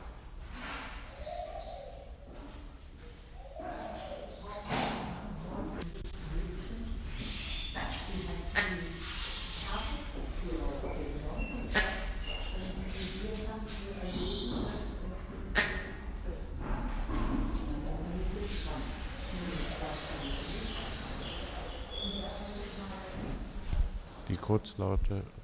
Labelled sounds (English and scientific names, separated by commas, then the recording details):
Congo Peafowl (Afropavo congensis) call
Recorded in captivity
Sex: pair
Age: adult
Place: Zoo Berlin, Berlin, DE
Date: 1993-03-06 11:32
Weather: 3-6°C, heiter bis wolkig
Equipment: Marantz CP 430, Sennheiser ME 80, Kopie Uher Variocord 263
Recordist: Tembrock, Günter